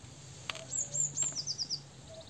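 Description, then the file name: Eurasian blue tit giving one phrase of three thin, high notes followed by a quick lower trill, over a low background hum. "Cyanistes caeruleus"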